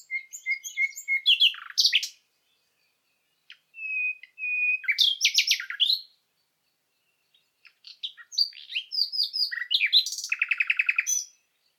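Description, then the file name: Common nightingale song in three bursts: pure whistled notes, then fast rattling trills and varied chirps separated by brief silences, with a rapid repeated series near the end. "Luscinia megarhynchos"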